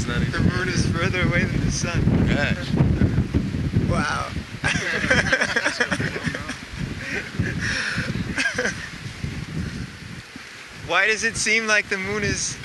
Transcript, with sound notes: The moon is further away than the sun. Wow! [laughs]
Yes.
Why does it seem like the moon is...